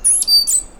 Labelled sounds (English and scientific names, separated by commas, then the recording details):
Stitchbird (Notiomystis cincta) song
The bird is a male
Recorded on Tiritiri Matangi Island, New Zealand, in 2005
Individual 1, of nest box 1